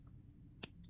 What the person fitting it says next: there you go so you hear the popping sound means that it's perfectly lined up there